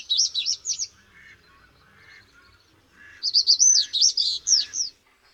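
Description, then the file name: Common reed bunting song: two short phrases of high, quick chirping notes, the second longer and more varied, with fainter lower notes in between. "Potrzos"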